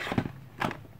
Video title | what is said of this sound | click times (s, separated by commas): Nintendo Switch Unboxing | will just click into place like well there you go | 0.6 s